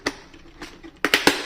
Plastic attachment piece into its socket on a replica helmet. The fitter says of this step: put it in there and it locks into place and now that button is pressable so